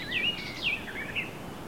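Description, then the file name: Eurasian blackcap, a brief phrase of clear whistled, looping notes rising and falling, with faint background hiss. "Sylvia atricapilla"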